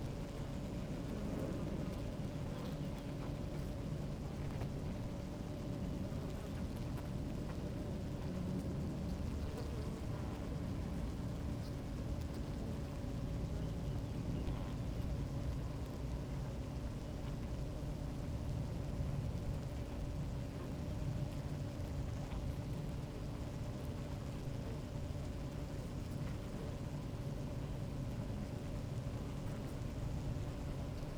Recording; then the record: honeybee colony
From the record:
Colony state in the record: active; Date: 28 July 2017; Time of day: 16:00